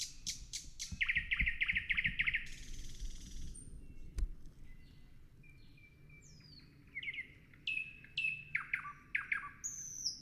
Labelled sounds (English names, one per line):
Thrush Nightingale song